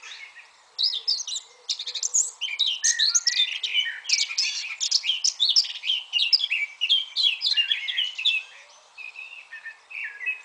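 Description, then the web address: Eurasian blackcap song: a sustained, fast, scratchy warble of many high chirps and slurred notes, briefly thinning out near the end before resuming. "SETE data Sylvia atricapilla"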